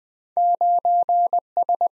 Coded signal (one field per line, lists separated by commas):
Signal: Morse code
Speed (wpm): 20 wpm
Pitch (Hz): 700 Hz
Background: none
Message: 9S